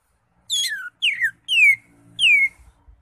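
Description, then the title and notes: Greater Green Leafbird giving four clear descending whistled notes, each slurred downward. Used as a training recording (masteran) for caged birds. "Suara Burung Cucak Ijo. mantap buat masteran burung cak ijo"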